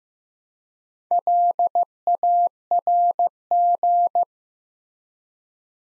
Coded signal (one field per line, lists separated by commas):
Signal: Morse code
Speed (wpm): 15 wpm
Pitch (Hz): 700 Hz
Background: none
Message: LARG